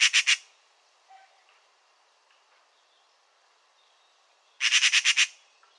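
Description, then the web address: Eurasian magpie giving harsh rattling chatter: a short burst of three notes, a quiet gap, then a longer run of six rasping notes. "Deverinetal 2025 File origin Bird Only"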